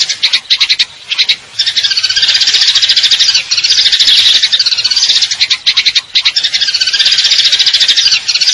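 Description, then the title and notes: Eurasian tree sparrow giving long, dense, high trills of rapid chirps, nearly continuous, with short gaps near the start and around six seconds. Fighting call with long trills; clear-sound masteran training recording for contest birds. "GEREJA TARUNG NEMBAK PANJANG SUARA JERNIH MASTERAN WAJIB BURUNG LOMBA. Burung Gereja"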